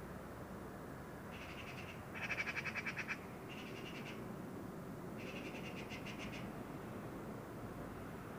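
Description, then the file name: Eurasian magpie chattering in quick, grating rattles, several short bursts with brief gaps, set against constant low-pitched background noise. "Pica pica"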